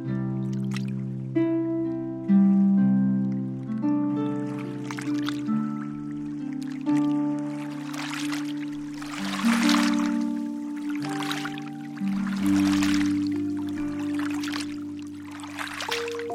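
Piano and strings hold low, sustained chords that shift every second or two, under a hushed, undulating synth drone. From about eight seconds in, soft washes of lapping river water swell and fade roughly every one to two seconds.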